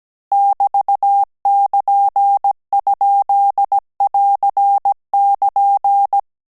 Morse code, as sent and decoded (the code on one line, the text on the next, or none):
-...- -.--. ..--.. .-.-. -.--.
<BT><KN>?<AR><KN>